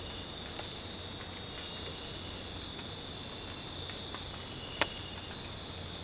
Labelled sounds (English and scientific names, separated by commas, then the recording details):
none
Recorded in dense forest near Puerto Asís, Putumayo, Colombia, on 22 December 2024 at 22:30
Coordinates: 0.466, -76.327
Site G075